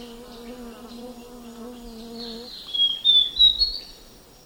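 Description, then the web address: Zimmer's antbird song: a quick series of high, thin whistled notes stepping slightly upward near the end, preceded by a steady low humming tone. Eastern lowlands of South America. "Natures Songs S America Eastern Lowlands. Zimmer's Antbird"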